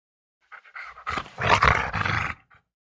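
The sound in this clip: Rottweiler growling and snarling: short rough bursts build into a harsh, throaty rumble of about a second, then a final brief burst.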